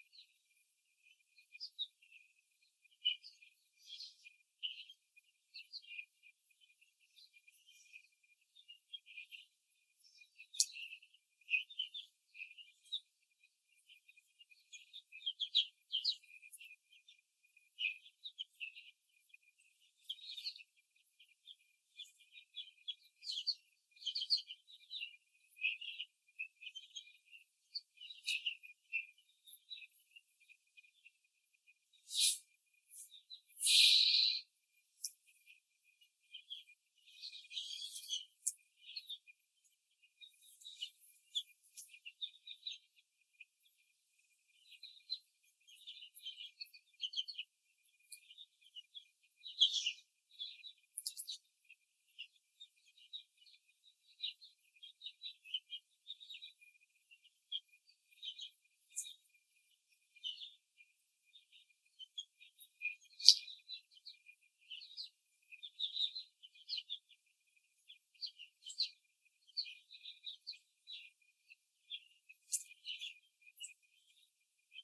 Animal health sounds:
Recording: young laying hens in a cage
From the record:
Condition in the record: before the stressor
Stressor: simulated dog barking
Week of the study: 3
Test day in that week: 2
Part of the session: 3

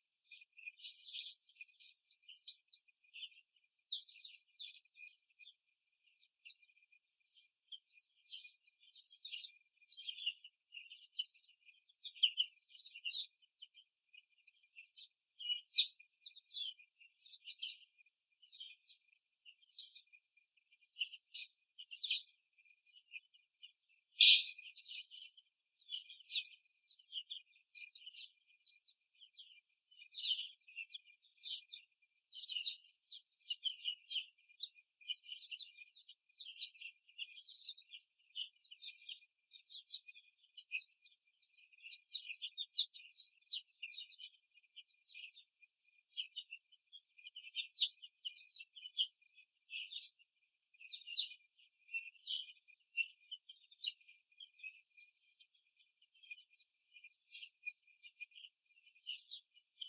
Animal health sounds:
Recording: young laying hens in a cage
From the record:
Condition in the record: before the stressor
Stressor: simulated dog barking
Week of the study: 3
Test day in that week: 1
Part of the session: 1

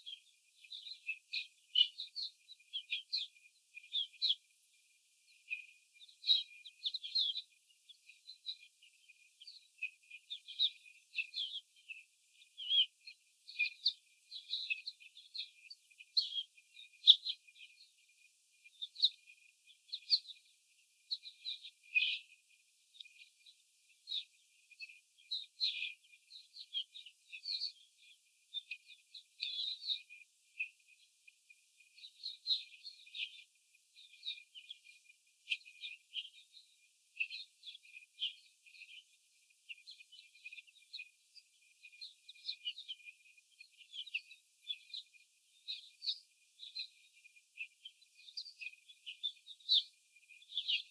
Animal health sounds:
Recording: young laying hens in a cage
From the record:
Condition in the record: before the stressor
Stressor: simulated dog barking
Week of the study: 4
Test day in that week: 3

